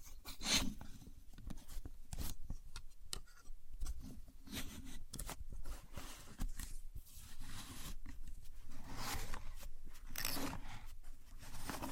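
A contour gauge is worked by hand, giving a dense run of short clicks, scrapes and ticks that come unevenly across the whole twelve seconds. A few sharper, brighter bursts stand out near the start and around ten seconds, over a low steady rumble.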